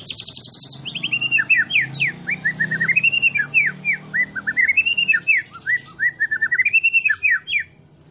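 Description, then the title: White-rumped shama song opening with a quick high burst of notes, then many short looped whistled notes bouncing up and down in a steady stream. Masteran training recording for songbirds, featuring a champion (juara) bird. "Masteran Murai Batu Juara"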